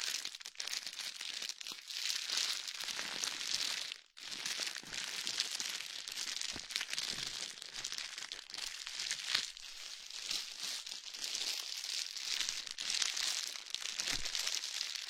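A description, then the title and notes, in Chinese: Odd objects are being handled, giving a dense, continuous crinkling and crackling like plastic or paper being crumpled. The sound stays bright and busy, with scattered sharp snaps, and breaks off into near silence for an instant around four seconds. 用奇奇怪怪的物品放松你的耳朵哦。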